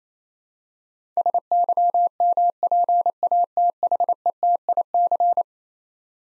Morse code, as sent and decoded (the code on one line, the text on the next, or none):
... -.-- -- .--. .- - .... . - .. -.-.
SYMPATHETIC